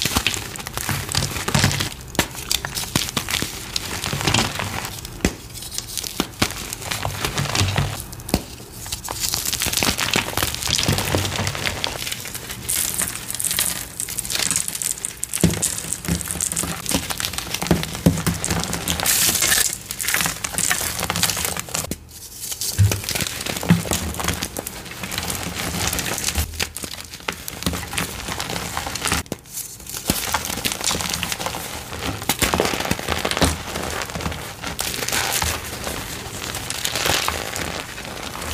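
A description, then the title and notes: Gym chalk is crushed continuously, dense crisp crunching and crumbling with brief pauses around 22 and 29 seconds, bright and busy throughout. Deep Blue *Crush Only* Gym Chalk Edit Compilation. A collection of deep blue dyed and reformed gym chalk crushes. Loud, crispy, crunchy asmr oddly satisfying gym chalk crushing sounds.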